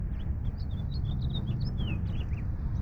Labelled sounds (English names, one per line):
House Finch song